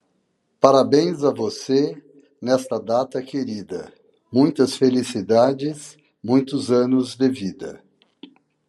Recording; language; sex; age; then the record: short text; Brazilian Portuguese; male; 60 to 69 years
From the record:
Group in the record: control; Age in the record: 65 years